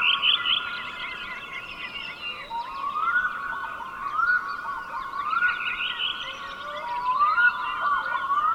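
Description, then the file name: Black-throated loon repeating rising, slurred upsweeps on a steady wailing tone at intervals of a second or more, set against constant twittering from other birds. "Storlom"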